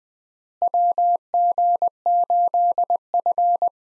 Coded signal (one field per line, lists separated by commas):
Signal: Morse code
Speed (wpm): 20 wpm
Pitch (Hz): 700 Hz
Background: none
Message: WG8F